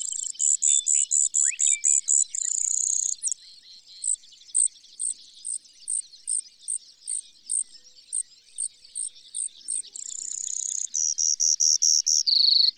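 Bird song: quick thin high notes, a sustained high trill, then steady repeated chirps about twice a second, closing with a fast buzzy burst.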